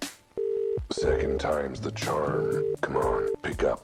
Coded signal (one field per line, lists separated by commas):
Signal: telephone call progress tone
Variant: UK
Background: speech, music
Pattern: ringback tone